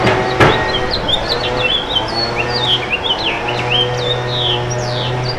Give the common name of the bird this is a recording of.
House Finch